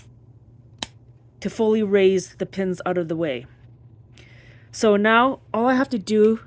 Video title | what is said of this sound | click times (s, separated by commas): Install IFP Bindings in Detail | on these control bings I just use my thumb and push it back and there's about two clicks | 0.8 s